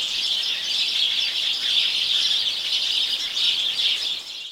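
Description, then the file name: House sparrow flock chattering, a dense, continuous wash of overlapping high chirps with no pauses, fading slightly at the very end. "Passer domesticus"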